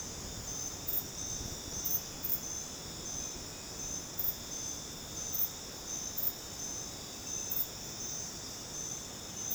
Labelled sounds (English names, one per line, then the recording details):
none
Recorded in dense forest near Puerto Asís, Putumayo, Colombia, on 12 March 2025 at 23:30
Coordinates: 0.486, -76.317
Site G053